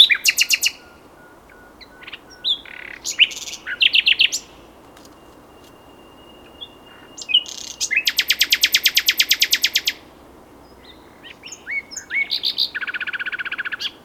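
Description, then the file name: Common nightingale singing varied phrases: sharp bursts, a thin level whistle, a loud rapid rattle of repeated notes, then a pulsing trill to finish. "Luscinia megarhynchos"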